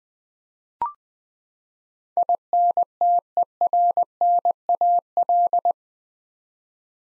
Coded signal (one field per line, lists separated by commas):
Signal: Morse code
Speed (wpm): 20 wpm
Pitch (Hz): 700 Hz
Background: none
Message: INTERNAL